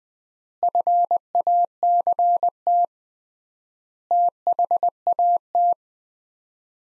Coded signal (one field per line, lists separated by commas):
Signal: Morse code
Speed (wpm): 20 wpm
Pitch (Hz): 700 Hz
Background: none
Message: FACT THAT